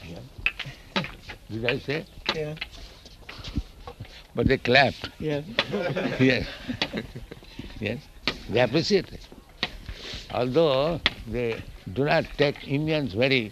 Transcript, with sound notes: Yes. Did I say?
Yes.
But they clapped.
Yes. [laughter]
Yes. Yes. They appreciated. Although they do not take Indians very